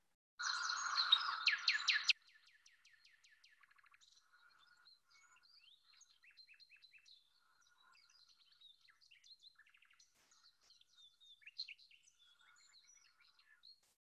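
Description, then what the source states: Common Nightingale song opening with a loud burst of rapid repeated notes, then quieter varied whistles, trills and chirps continuing softly for the rest. Songbird living in Israel.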